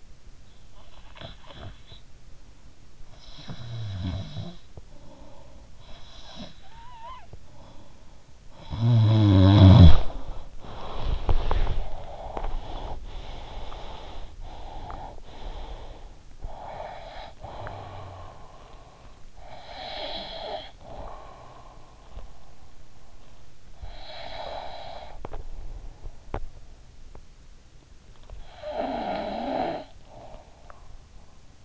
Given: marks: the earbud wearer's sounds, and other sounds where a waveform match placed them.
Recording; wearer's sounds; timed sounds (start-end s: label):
sounds in sleep by an in-ear microphone; snoring breath, breath, teeth grinding
0.14-12.07 s: snoring breath
12.07-19.23 s: breath
19.23-22.82 s: snoring breath
22.82-25.26 s: breath
25.26-27.48 s: teeth grinding
27.94-31.65 s: snoring breath